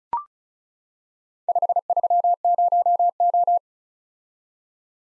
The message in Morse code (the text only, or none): 530O